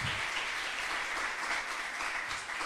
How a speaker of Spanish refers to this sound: La tenemos de vuelta, ponte en pie, te damos un aplauso de bienvenida de vuelta.